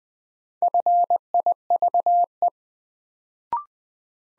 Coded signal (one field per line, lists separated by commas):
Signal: Morse code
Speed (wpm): 20 wpm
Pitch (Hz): 700 Hz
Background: none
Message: FIVE